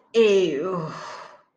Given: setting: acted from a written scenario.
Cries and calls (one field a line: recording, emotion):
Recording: vocal sound without words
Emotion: disgust